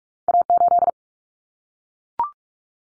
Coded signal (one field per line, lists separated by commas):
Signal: Morse code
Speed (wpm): 44 wpm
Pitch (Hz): 700 Hz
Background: none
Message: A8